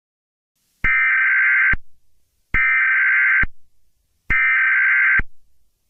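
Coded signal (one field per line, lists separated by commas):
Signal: Emergency Alert System (SAME) tones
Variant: header bursts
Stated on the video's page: Fictional EAS scenario based on the game Five Nights at Freddy's, not a real alert.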